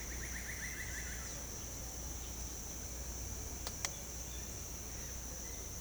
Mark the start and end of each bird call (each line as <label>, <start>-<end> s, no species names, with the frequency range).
bird call (1.1-2.8 kHz), 0.02-1.25 s